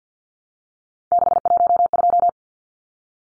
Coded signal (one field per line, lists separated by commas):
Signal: Morse code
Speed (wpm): 50 wpm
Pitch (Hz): 700 Hz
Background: none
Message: 612